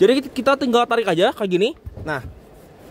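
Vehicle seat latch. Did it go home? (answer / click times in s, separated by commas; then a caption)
no / none. In a Kia Carnival Hybrid (KA4) facelift minivan, a folding rear seat is being pulled toward its locked position while a man talks. Nothing has latched or seated yet; no click is heard, only faint background noise after the speech ends.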